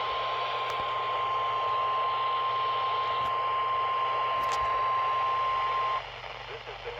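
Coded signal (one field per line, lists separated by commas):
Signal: Emergency Alert System (SAME) tones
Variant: 1050 Hz attention tone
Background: speech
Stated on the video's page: Required Weekly Tests received on multiple NOAA Weather Radio stations from three forecast offices.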